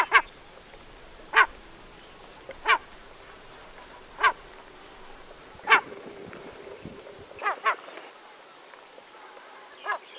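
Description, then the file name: Willow tit giving harsh, nasal, buzzy call notes, single notes spaced roughly every one and a half seconds, then a quick double note and a final single note near the end. "Vittrut"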